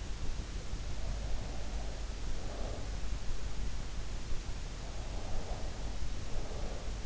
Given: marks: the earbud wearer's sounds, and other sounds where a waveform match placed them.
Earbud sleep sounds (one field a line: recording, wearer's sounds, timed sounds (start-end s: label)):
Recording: sounds in sleep by an in-ear microphone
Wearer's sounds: breath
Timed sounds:
1.34-2.93 s: breath
5.04-7.05 s: breath